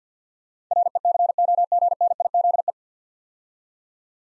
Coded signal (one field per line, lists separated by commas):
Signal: Morse code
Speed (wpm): 47 wpm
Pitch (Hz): 700 Hz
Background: none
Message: RECOGNIZE